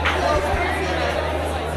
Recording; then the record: background sound without coughing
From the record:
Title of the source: CITY SOUNDS Busy Bar in the Evening Night - 2 HOURS of Ambiance for Relaxation